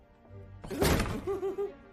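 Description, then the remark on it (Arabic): A door slams shut hard: one loud, heavy bang with a brief rattling tail, followed by a few short, faint tonal sounds. “أغلق الباب بكل قوة.”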